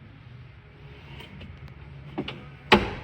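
A van passenger swivel seat is turned back toward its forward-facing position; the seat does not lock while facing backwards, to discourage sitting backwards while the vehicle is being driven. Faint rustling and a couple of small clicks near 2.2 and 2.3 seconds lead up to the swivel base lock engaging with one sharp, loud hit at 2.7 seconds. The seat is locked back into position.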